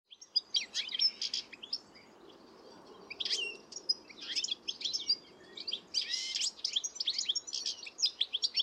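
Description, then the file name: European goldfinch chattering song, quick tinkling chirps and twitters in bursts, a quieter gap around two seconds, then lively rapid notes to the end. "Carduelis carduelis"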